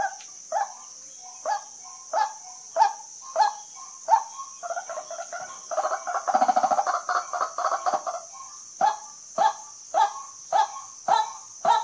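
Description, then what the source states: White-breasted waterhen calls, spaced harsh honks swelling into a dense, rattling chatter for a few seconds, then settling back into regular single honks, with constant high hiss. Call used as a lure for hunting at night.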